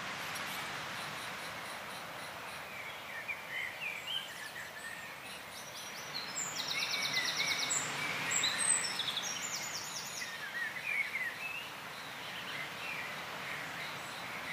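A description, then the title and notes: A gentle summer breeze blows as a soft, steady hiss that swells gradually from about six to ten seconds, then eases back. Small birds chirp high throughout, with a brief buzzing trill in the middle of the clip. Gentle Summer Breeze.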